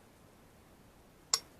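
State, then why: Seated. A rotating section of a firearm part is turned into its locked position to close a visible gap. After quiet, low background noise, a single sharp metallic click at 1.3 s shows the section locking into place.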